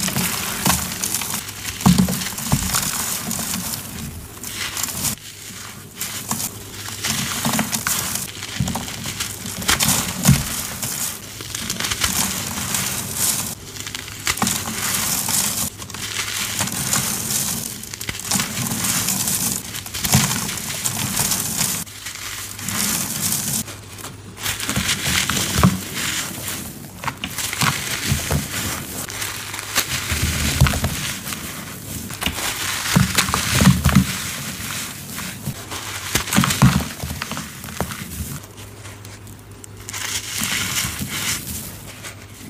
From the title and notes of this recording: Powdery Soft Dusty Reformed Gym Chalk Edit Compilation. Soft crispy powdery reformed gym chalk crumbles and oddly satisfying asmr sounds.